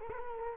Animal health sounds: mosquito wingbeat signal from an infrared sensor; Culex quinquefasciatus

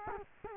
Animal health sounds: mosquito wingbeat signal from an infrared sensor; Culex quinquefasciatus

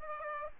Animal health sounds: mosquito wingbeat signal from an infrared sensor; Aedes aegypti

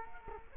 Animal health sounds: mosquito wingbeat signal from an infrared sensor; Culex quinquefasciatus

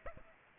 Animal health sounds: mosquito wingbeat signal from an infrared sensor; Aedes aegypti

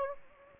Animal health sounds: mosquito wingbeat signal from an infrared sensor; Anopheles gambiae

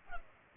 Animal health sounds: mosquito wingbeat signal from an infrared sensor; Culex pipiens

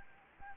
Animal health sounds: mosquito wingbeat signal from an infrared sensor; Anopheles gambiae

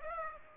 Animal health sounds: mosquito wingbeat signal from an infrared sensor; Aedes aegypti

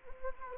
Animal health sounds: mosquito wingbeat signal from an infrared sensor; Anopheles gambiae

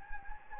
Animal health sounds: mosquito wingbeat signal from an infrared sensor; Anopheles gambiae

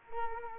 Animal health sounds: mosquito wingbeat signal from an infrared sensor; Culex quinquefasciatus

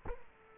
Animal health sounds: mosquito wingbeat signal from an infrared sensor; Culex quinquefasciatus

